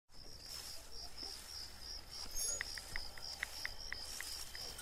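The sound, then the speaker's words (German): Insects chirp steadily in a narrow orchard meadow with fruit trees and wild shrubs in Berlin Adlershof, a continuous high, pulsing trill, with brief higher chirps scattered through the second half over a soft outdoor hush. “Ein Trampelpfad schlängelt sich entlang einer schmalen Streuobstwiese.”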